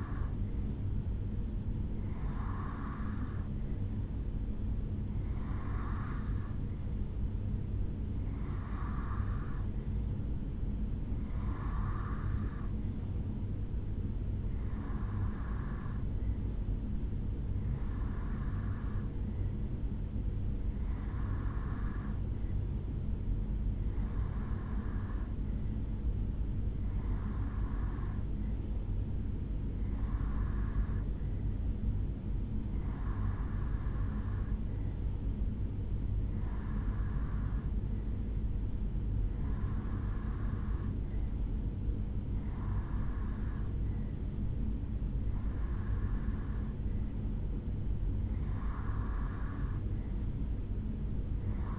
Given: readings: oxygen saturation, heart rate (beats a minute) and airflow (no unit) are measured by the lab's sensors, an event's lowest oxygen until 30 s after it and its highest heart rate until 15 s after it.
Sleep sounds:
breathing in sleep by a smartphone at the bedside; none
none scored
From the record:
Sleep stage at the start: REM sleep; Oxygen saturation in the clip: 88 to 90%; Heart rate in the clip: 67 to 73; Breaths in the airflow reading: 17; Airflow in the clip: -1.8 to 1.3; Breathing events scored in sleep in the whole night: 449 in 7.0 hours asleep

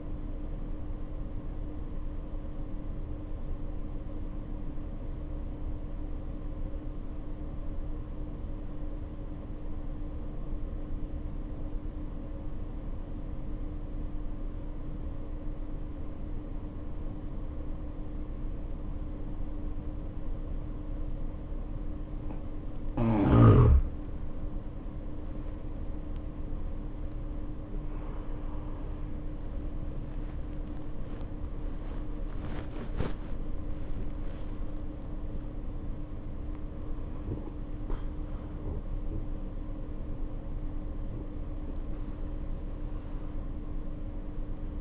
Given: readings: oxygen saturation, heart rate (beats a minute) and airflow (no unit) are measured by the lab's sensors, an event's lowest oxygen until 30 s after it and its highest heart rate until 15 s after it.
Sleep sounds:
breathing in sleep by a smartphone at the bedside; 1
5.00-24.10 s: obstructive apnea (N1, oxygen 95% highest, then 75% lowest, heart rate 59 at the start, 77 highest)
8.00-38.00 s: new sleep stage, N2 (light sleep)
38.00-44.81 s: new sleep stage, N1 (lightest sleep)
From the record:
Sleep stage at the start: N1 (lightest sleep); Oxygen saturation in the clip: 76 to 95%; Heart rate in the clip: 54 to 77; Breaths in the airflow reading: 5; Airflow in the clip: -8.5 to 9.6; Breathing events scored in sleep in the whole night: 520 in 7.2 hours asleep

